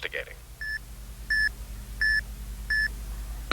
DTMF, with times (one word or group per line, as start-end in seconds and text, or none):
none